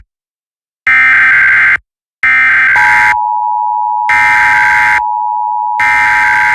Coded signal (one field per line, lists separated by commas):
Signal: Emergency Alert System (SAME) tones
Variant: header bursts